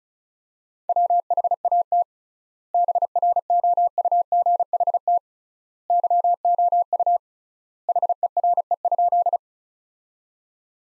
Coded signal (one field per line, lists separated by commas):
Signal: Morse code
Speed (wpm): 36 wpm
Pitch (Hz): 700 Hz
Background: none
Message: WHAT BROUGHT YOU HERE?